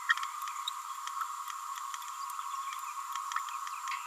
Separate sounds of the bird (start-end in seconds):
0.09-0.15